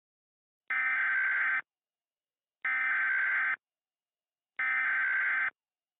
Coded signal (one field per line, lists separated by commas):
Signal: Emergency Alert System (SAME) tones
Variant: header bursts